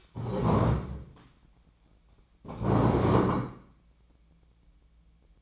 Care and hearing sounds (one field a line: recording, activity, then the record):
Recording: daily activity, microphone in the room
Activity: stand up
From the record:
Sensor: 1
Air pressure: 1012.3 hPa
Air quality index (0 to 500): 172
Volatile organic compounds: 3 ppm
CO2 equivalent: 1409 ppm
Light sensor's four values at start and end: 45/122/50/61 and 45/123/50/61